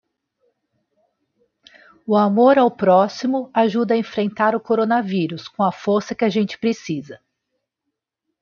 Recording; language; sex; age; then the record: spoken sentence; Brazilian Portuguese; female; 50 to 59 years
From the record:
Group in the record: control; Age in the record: 53 years